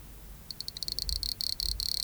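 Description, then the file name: Scaly cricket song: high, bright pulses that start spaced apart and quickly speed up into a dense, stuttering trill, over a faint low rumble. "Cycloptiloides sp 293 b"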